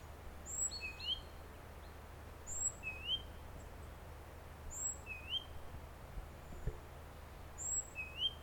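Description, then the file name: Great tit repeating a two-part phrase, a sharp high note then a lower upward-sweeping whistle, every two to three seconds, with a constant low rumble behind. "Parus major"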